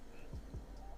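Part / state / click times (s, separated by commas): stand riser into base / not seated / none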